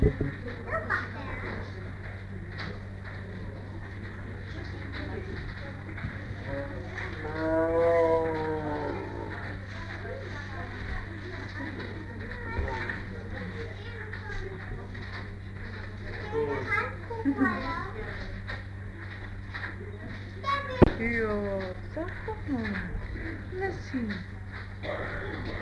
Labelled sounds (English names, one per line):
Tiger